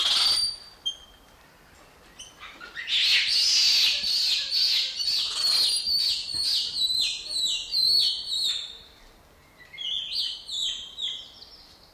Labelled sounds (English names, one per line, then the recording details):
Black-handed Spider Monkey
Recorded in captivity
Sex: group
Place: Tiergarten Schönbrunn, Wien, AT
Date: 1989-06-08 20:43
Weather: fair, 14°C
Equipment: Sony WM-D6C, Kopie Tesla B 116
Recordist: Tembrock, Günter